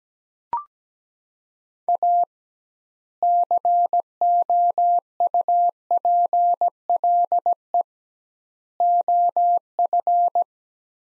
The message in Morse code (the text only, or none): A COUPLE OF